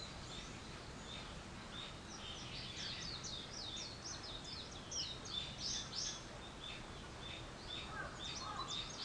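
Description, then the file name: Bird calling with rapid, high, thin chirps, several a second, loosest early then denser in the middle, over constant soft hiss. Wild birds; 21 April 2023. "wild-bird 230421"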